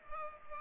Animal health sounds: mosquito wingbeat signal from an infrared sensor; Culex pipiens

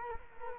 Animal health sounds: mosquito wingbeat signal from an infrared sensor; Culex quinquefasciatus

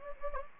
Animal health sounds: mosquito wingbeat signal from an infrared sensor; Anopheles gambiae

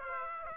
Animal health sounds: mosquito wingbeat signal from an infrared sensor; Aedes aegypti

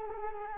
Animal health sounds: mosquito wingbeat signal from an infrared sensor; Culex quinquefasciatus

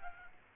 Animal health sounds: mosquito wingbeat signal from an infrared sensor; Aedes albopictus

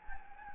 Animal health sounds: mosquito wingbeat signal from an infrared sensor; Anopheles gambiae

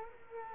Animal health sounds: mosquito wingbeat signal from an infrared sensor; Culex quinquefasciatus

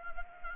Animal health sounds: mosquito wingbeat signal from an infrared sensor; Anopheles arabiensis

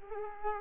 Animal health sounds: mosquito wingbeat signal from an infrared sensor; Culex quinquefasciatus

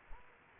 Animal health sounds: mosquito wingbeat signal from an infrared sensor; Aedes aegypti

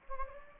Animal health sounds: mosquito wingbeat signal from an infrared sensor; Anopheles gambiae

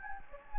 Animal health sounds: mosquito wingbeat signal from an infrared sensor; Anopheles gambiae

